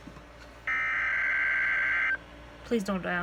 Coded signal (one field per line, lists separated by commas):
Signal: Emergency Alert System (SAME) tones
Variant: header bursts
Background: speech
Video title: First Tornado Watch of May 2022 for my area. EAS NOAA Weather radio.